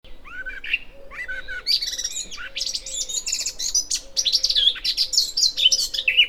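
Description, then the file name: Eurasian blackcap song, a hurried, varied warble of chattering and whistled notes that grows louder and richer toward the end. "Sylvia atricapilla"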